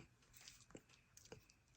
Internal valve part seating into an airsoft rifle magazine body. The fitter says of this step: it's pretty uh pretty little positive click once you get it in there